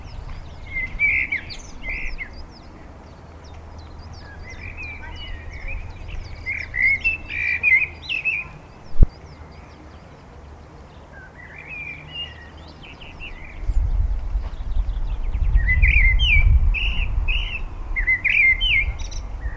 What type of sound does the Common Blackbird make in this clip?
song